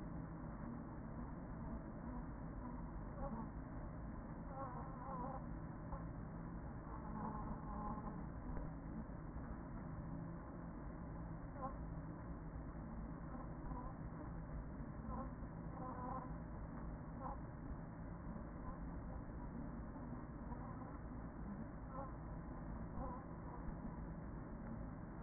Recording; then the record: honeybee colony, microphone inside the hive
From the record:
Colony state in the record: queen present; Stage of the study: after two queens were removed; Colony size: about 40,000 bees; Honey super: no